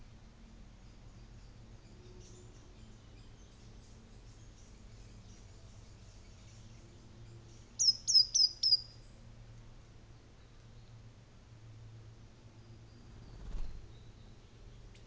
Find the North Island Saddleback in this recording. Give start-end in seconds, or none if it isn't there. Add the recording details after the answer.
none. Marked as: faintness 2/5. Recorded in New Zealand on 24 December 2018. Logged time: 14:10